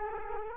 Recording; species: mosquito wingbeat signal from an infrared sensor; Culex quinquefasciatus